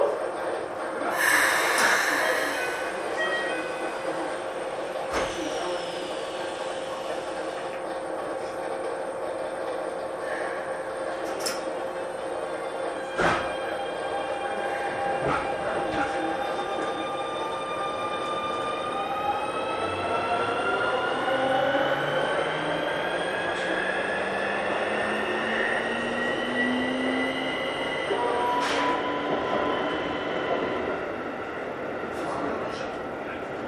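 A Keikyu New 1000 series aluminum train runs with a steady rumble and hum, broken by sharp knocks around 5, 11, 13, 15 and 28 seconds. From about 18 seconds a whining motor tone climbs steadily in pitch as the train accelerates.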